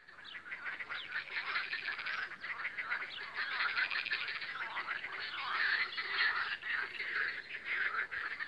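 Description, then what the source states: Frogs croaking in a dense chorus of pulsed, rattling notes that overlap. Spring croaking of frogs on the Lomnica canal, 10 May 2020.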